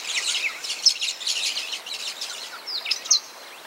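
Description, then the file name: Maroon-bellied parakeet, loud grating chatter packed into quick bursts, thinning after two and a half seconds before a final flurry. "canto da tiriba de testa vermelha"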